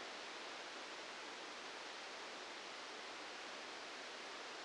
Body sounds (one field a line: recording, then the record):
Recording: brain microelectrode recording played as sound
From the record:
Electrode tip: outside the subthalamic nucleus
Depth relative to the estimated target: -4 mm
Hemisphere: left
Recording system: NeuroSet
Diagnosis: Parkinson's disease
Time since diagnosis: 9 years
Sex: male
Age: 61 years